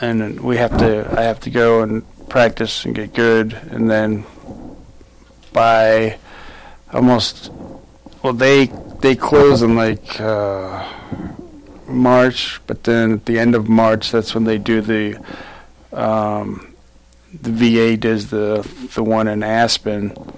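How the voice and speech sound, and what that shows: Halting conversational speech from an adult man who survived a stroke, with long pauses, stretched fillers and restarted phrases: word-finding difficulty from aphasia after stroke.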